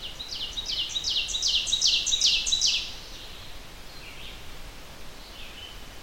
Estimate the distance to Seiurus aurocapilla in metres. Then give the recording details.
about 25 m. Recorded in boreal forest in Alberta, Canada, on 30 June 2016 at 05:21. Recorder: SongMeter 3, array SBT-6-79. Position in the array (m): 160 m, 53 m. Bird 43